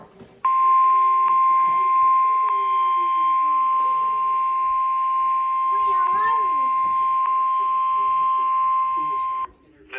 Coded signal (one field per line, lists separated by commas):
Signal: Emergency Alert System (SAME) tones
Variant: 1050 Hz attention tone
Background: speech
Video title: EAS Severe Thunderstorm Warning 8/30/21